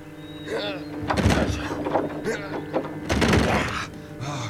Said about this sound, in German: Na, ich brech die Tür auf.